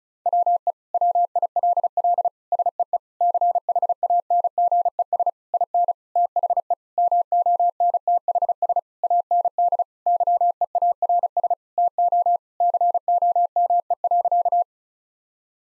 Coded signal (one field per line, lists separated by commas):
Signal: Morse code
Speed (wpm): 34 wpm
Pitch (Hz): 700 Hz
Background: none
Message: WE WILL SEE CHANGES IN THE MONTHS AND YEARS TO COME.